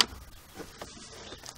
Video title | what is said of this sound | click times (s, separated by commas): Taillight Bulb or Lens Housing Replacement on a 2002-2006 Chevy Trailblazer | You want to push it until you hear a click. | 0.0 s